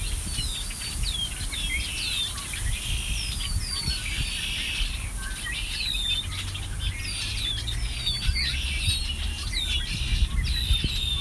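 Birds hidden in bushes by a lake chirp and call almost without pause, a dense overlapping chorus of quick, bright notes and short rising whistles. Beneath them runs a steady low rumble of wind or traffic, with a constant faint hiss up high.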